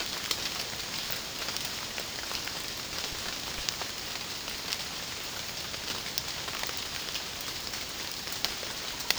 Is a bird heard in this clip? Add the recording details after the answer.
no. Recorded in secondary vegetation near Puerto Asís, Putumayo, Colombia, on 27 June 2025 at 08:00. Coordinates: 0.484, -76.319. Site G074